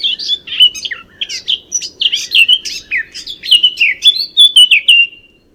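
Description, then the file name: Eurasian blackcap song: a lively, loud warble of quick twittering notes that flows into clearer, fluted descending whistles toward the end. "Sylvia atricapilla"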